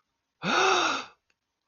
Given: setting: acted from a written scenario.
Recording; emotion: vocal sound without words; distress